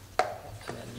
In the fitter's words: then you can see how that just all clicks right in there.